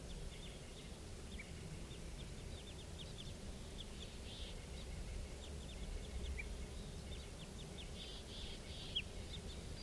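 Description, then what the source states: Crossbill calls: many short, sharp high chips in loose bursts throughout, faint over a steady low rumble of wind. Flock of perhaps about five birds in the trees above a camp, recorded at 4:57 p.m.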